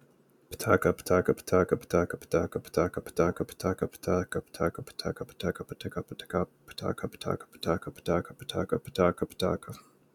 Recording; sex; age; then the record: repeated syllables /pa ta ka/; male; 30 to 39 years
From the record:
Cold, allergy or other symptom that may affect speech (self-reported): no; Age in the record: 31 years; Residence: Florida, United States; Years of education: 16